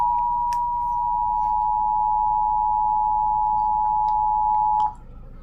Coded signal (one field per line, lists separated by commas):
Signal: Emergency Alert System (SAME) tones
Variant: 853 and 960 Hz attention tone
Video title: TEXAS OR TENNESSEE TEST... EAS Alerts From June 2026 (EAS#6,214 - 6,250)